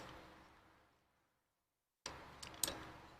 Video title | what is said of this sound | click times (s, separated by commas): Spiracraft- Monday Methods: Sharp Turning Tools and The Tru-Grind Sharpening System | pops right in there | 2.1 s, 2.6 s